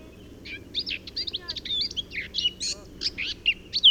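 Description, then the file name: Eurasian blackcap giving a fast, quiet, scratchy warble of varied chirps and twitters over steady background noise. "Sylvia atricapilla"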